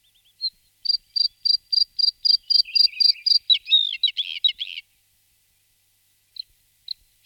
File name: Slavik modracek Luscinia svecica